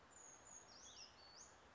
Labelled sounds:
Brown Creeper

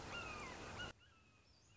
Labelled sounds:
Red-shouldered Hawk

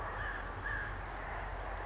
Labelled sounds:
California Towhee

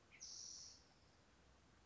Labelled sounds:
Spotted Towhee

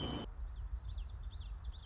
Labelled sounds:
Common Yellowthroat

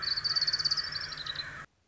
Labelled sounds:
Orange-crowned Warbler

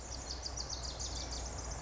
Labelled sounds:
Pacific Wren

